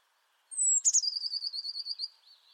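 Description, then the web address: Bird call: a thin, high whistle slides downward, then runs into a fast trill of many quick pulses that fades at the end. "Deverinetal 2025 File origin Bird Only Cy Ca"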